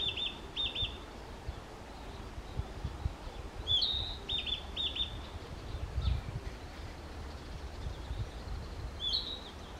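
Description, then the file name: Narcissus flycatcher singing short whistled phrases in three bursts, at the start, around four seconds and near the end, over a steady low rumble. Recorded 11 May 2023. "20230511 キビタキ"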